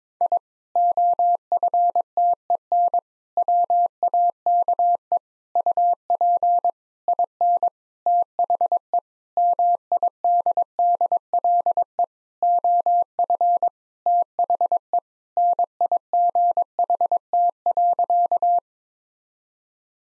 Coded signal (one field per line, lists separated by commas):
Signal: Morse code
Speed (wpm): 22 wpm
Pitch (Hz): 700 Hz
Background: none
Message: I OFTEN WAKE UP IN THE MIDDLE OF THE NIGHT.